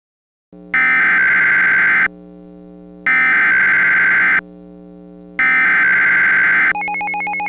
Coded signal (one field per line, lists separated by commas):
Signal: Emergency Alert System (SAME) tones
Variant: header bursts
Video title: The Carolina Supercell (REMASTERED): EAS Scenario